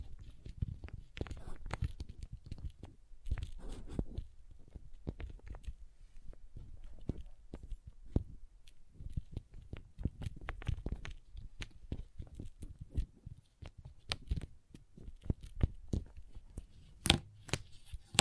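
Crayons tap, scrape and scratch in a busy, irregular stream of short clicks and knocks. Most strokes are dull and low, with occasional sharper, brighter ticks, notably a crisp pair near the seventeen-second mark, over a soft low rumble.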